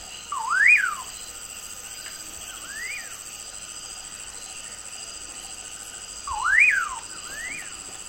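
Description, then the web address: Common pauraque whistling two loud rising-and-falling calls, each followed by a fainter matching call, against a buzzing insect chorus. Eastern lowlands of South America. "Natures Songs S America Eastern Lowlands. Pauraque"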